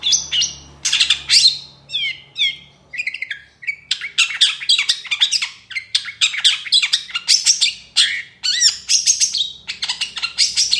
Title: Cendet Gacor Dor Di Kala Pagi Toet Toet Variasi Suara. CENDET GACOR DOR FULL ISIAN - PENTET GACOR DOR